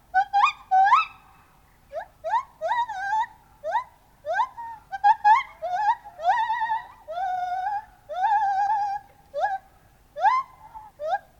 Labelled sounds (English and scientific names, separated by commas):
Lar Gibbon (Hylobates lar)